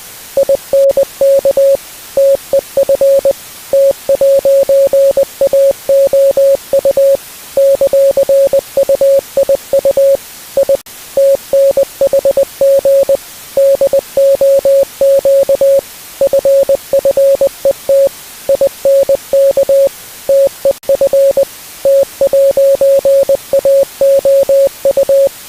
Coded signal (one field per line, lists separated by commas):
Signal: Morse code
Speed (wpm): 20 wpm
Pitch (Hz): 550 Hz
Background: music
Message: INK TEF T'AOU ;UIU I TNHG DOQ FFET INK TEF T'AOU